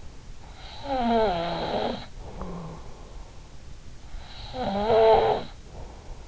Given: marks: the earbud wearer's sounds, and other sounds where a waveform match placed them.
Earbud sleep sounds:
sounds in sleep by an in-ear microphone; snoring breath
0.51-3.25 s: snoring breath
4.05-6.17 s: snoring breath

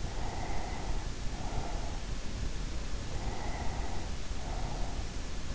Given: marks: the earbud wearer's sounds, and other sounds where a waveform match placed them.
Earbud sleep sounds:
sounds in sleep by an in-ear microphone; breath
0.02-2.19 s: breath
3.02-5.34 s: breath

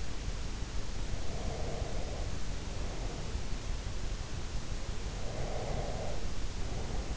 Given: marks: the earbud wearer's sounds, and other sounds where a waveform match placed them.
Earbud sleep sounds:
sounds in sleep by an in-ear microphone; breath
1.21-3.34 s: breath
5.19-7.17 s: breath

